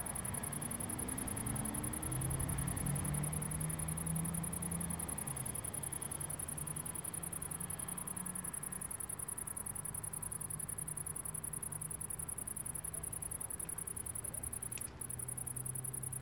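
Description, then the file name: Cricket calling as a steady, very high pulsed trill that runs throughout, over a constant low rumble. Crickets heard in a city. "Crickets in the City"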